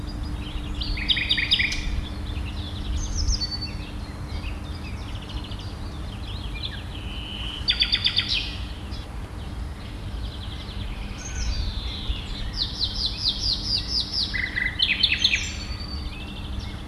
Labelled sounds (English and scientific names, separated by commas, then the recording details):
Common Nightingale (Luscinia megarhynchos) song
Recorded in the wild
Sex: male
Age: adult
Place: Malchower Aue, Berlin, DE
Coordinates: 52.5808, 13.4886
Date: 1990-05-01 19:45
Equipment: Riporter 6 RG-K, Halbspur, Sennheiser MKH 416 T
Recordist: Frommolt, Karl-Heinz